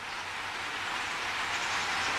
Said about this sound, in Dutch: Maar nu is het vooral regen. We horen ook regen op het dakje hier. Even luisteren.